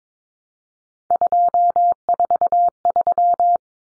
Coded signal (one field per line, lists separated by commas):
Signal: Morse code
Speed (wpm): 22 wpm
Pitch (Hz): 700 Hz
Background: none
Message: 243